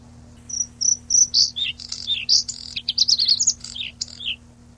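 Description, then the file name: Bluethroat song: clear high whistled notes repeated a few times, then a fast jumble of twittering, scratchy and sliding phrases. Recorded 26 April 1992. "26 04 92 Lsvecica"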